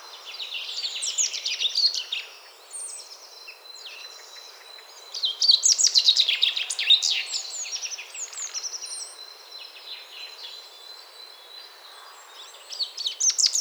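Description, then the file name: Common chaffinch song, dense overlapping phrases of quick high notes sliding down, with loud bursts near the start, middle and end against light background noise. "Fringilla coelebs"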